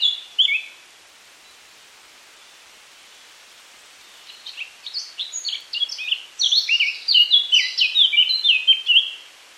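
Eurasian Blackcap song: a couple of short notes, a long pause, then a quiet warble of quick notes swelling louder toward the end.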